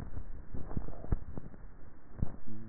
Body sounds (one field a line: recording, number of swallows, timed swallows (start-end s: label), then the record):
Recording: swallowing sounds by neck microphone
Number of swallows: 1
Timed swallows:
0.23-0.81 s: swallow
From the record:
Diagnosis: dysphagia